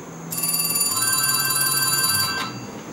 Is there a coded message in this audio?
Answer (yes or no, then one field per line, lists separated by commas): no